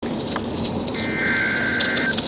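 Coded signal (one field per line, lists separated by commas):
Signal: Emergency Alert System (SAME) tones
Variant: header bursts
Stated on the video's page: Severe Thunderstorm Warning SAME tones from the NWS in Sterling, VA, recorded from a Radioshack 12-993 weather radio.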